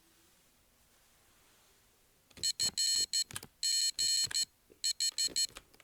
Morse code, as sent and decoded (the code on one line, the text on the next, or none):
..-. --. ....
FGH